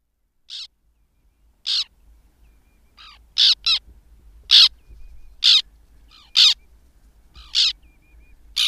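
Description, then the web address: White-winged tern harsh, rasping calls, short grating notes repeated about once a second, some given in quick pairs, with faint softer calls between. "Madardalok Cd 3. Fehérszárnyú szerkő"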